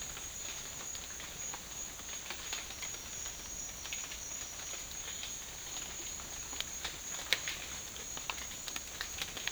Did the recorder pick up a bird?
no